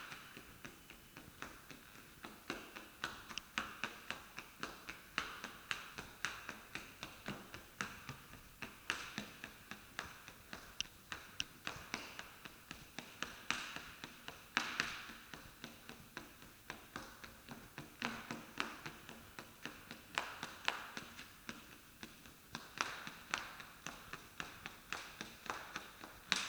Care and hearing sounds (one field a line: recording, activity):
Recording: daily activity, guitar pickup as the sensor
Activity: run